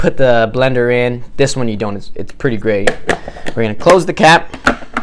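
Someone talks while handling the plastic lid of a Baby Brezza Food Maker Deluxe, about to close the cap on its combined steamer and blender jar. A sharp transient is heard near the end at 5.0 s. The lid has not clicked into place yet; nothing has seated.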